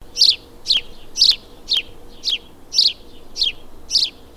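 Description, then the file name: House sparrow chirping, eight short sharp chirps repeated about twice a second at a steady pace, with a faint low hum beneath. "Moineau domestique"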